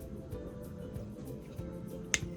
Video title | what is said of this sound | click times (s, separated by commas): Great Stuff’s NEW Wide Spray Expanding Foam | We're going to tighten it down till we hear a click. | 2.1 s